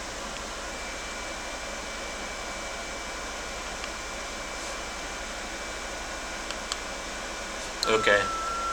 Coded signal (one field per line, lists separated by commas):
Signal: FT8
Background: speech